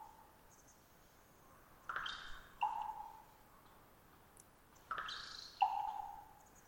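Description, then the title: Common raven making two twittery-pop calls about three seconds apart, each a rough chattering burst leading into a clear, fading hollow pop. Raven perched about 50 ft above the recordist, some distance away; long trilling twitter before each pop, sometimes a gulp or beak snap after. "More Raven Twittering-Pop"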